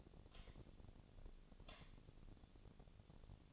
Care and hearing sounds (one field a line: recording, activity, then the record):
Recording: daily activity, microphone in the room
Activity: light on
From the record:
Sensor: 4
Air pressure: 1010.7 hPa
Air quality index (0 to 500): 170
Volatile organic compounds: 5 ppm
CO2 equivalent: 1734 ppm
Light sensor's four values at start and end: 38/109/44/44 and 38/111/44/45